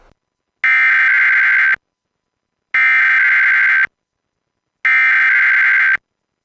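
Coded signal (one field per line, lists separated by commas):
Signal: Emergency Alert System (SAME) tones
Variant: header bursts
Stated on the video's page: NOAA Weather Radio test and WDFA test.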